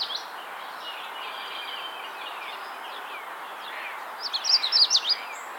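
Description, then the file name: Magnolia Warbler song, a single rapid, high warbled phrase near the end, preceded by faint thin slurred notes. "Setophaga magnolia - Magnolia Warbler"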